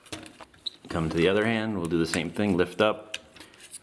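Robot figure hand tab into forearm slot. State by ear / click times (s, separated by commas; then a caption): seated / 0.7 s. The first fist of a plastic Fans Hobby Archenemy transforming robot figure is folded in, and its tab is lined up with the slot on the upper forearm and pressed to lock on both sides. Soft handling taps lead to a sharp plastic click at 0.7 s as the tab seats in the slot. Someone then talks.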